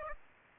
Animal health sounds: mosquito wingbeat signal from an infrared sensor; Aedes aegypti

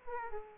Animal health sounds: mosquito wingbeat signal from an infrared sensor; Aedes aegypti

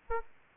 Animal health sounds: mosquito wingbeat signal from an infrared sensor; Aedes aegypti

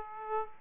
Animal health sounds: mosquito wingbeat signal from an infrared sensor; Aedes aegypti

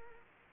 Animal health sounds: mosquito wingbeat signal from an infrared sensor; Culex quinquefasciatus

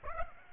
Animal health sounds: mosquito wingbeat signal from an infrared sensor; Aedes aegypti

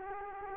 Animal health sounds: mosquito wingbeat signal from an infrared sensor; Culex quinquefasciatus

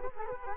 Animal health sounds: mosquito wingbeat signal from an infrared sensor; Culex quinquefasciatus

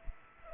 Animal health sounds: mosquito wingbeat signal from an infrared sensor; Aedes aegypti

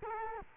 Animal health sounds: mosquito wingbeat signal from an infrared sensor; Culex quinquefasciatus

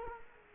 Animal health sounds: mosquito wingbeat signal from an infrared sensor; Culex quinquefasciatus

